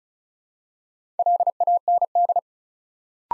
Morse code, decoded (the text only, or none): LAND